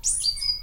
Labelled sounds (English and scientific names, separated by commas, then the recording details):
Stitchbird (Notiomystis cincta) song
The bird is a male
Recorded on Tiritiri Matangi Island, New Zealand, in 2005
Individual 11, of nest box 13